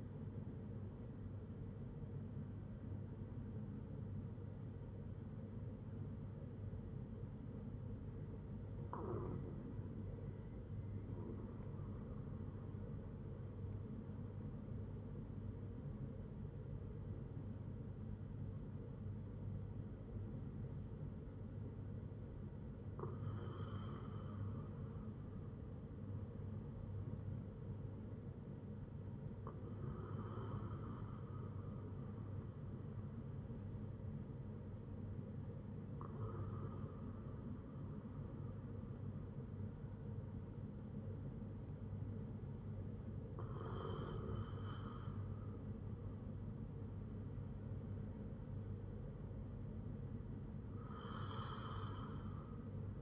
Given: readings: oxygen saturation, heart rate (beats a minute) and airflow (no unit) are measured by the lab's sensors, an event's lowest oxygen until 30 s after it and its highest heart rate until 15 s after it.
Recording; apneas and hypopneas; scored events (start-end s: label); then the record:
breathing in sleep by a smartphone at the bedside; none
none scored
From the record:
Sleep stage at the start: N1 (lightest sleep); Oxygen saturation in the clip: 96 to 97%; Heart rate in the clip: 57 to 63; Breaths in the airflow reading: 8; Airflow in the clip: -5.8 to 8.1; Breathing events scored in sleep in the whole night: 182 in 7.4 hours asleep